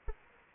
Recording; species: mosquito wingbeat signal from an infrared sensor; Anopheles arabiensis